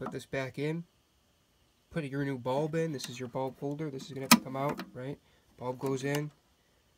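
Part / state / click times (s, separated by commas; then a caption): bulb holder into headlight projector housing / not seated / none. A new bulb is handled with its headlight bulb holder, which will be pushed back into the Bi-Xenon projector housing of an Audi allroad C5 during a projector retrofit. Someone talks throughout, with a short sharp tick near 4.3 s amid the speech. Nothing has seated or clicked yet; the holder has not snapped back in by the end of the clip.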